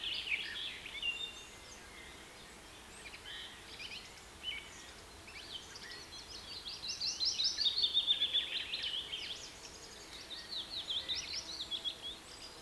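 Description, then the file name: Birds calling: bursts of high chirps and trills, a louder run of notes near eight seconds, steady soft background hiss throughout. Rain forest. "KPR Sounds - Rain Forest Bird Sounds"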